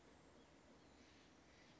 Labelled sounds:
Steller's Jay
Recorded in Sonoma County, California

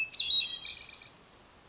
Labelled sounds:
Hermit Thrush
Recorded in Sonoma County, California

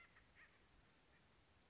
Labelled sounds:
Acorn Woodpecker
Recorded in Sonoma County, California

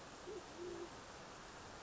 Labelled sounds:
Band-tailed Pigeon
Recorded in Sonoma County, California

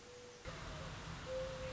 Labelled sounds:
Mourning Dove
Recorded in Sonoma County, California

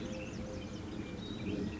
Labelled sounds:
Eurasian Collared Dove
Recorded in Sonoma County, California

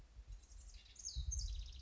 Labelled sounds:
House Wren
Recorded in Sonoma County, California

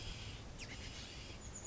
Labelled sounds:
Chestnut-backed Chickadee
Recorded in Sonoma County, California

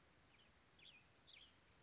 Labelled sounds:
American Robin
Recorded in Sonoma County, California

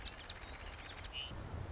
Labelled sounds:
Marsh Wren
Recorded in Sonoma County, California

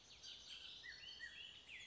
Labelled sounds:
Bullock's Oriole
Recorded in Sonoma County, California

